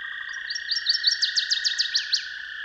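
Northern waterthrush singing a run of ringing chips ending in sharp slurred notes, with a continuous droning hum beneath.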